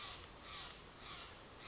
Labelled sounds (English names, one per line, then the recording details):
Steller's Jay
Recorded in Sonoma County, California